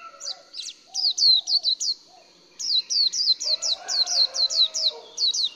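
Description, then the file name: White-eye song: rapid series of high, thin, down-slurred twittering notes in two bursts separated by a short pause, with faint lower tones beneath. "綠繡眼"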